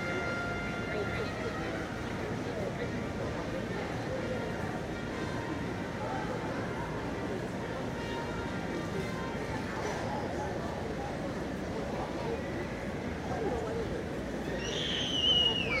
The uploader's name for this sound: NYC Washington Square Park Nature and People